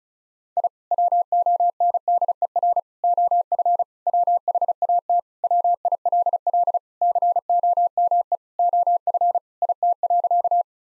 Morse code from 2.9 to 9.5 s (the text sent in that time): OF WHAT WILL COME OF